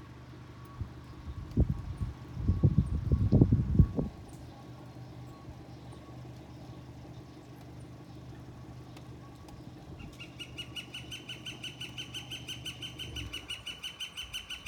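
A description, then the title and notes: A northern flicker starts calling about ten seconds in: a fast, even run of bright, clipped notes that keeps going to the end. Before that there is a steady low rumble, with a loud, heavy surge of low thumping and roaring from about 1.5 to 4 seconds. Northern flicker (Colaptes auratus).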